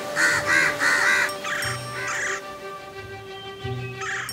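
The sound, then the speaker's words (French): Several crows gathering around a nest caw in quick succession, harsh rasping calls repeating in a loose rhythm, with a few shorter, overlapping caws toward the end and no voices. “Elle appela tous les autres corbeaux et très vite, ils se retrouvèrent tous autour du nid de Monsieur Croix.”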